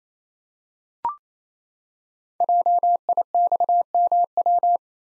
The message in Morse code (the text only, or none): JIXMW